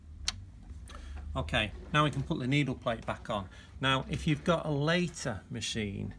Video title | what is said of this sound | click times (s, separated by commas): Brother PR Embroidery Machine Operator Maintenance. | if you're using the push it in method push it until it clicks | 0.3 s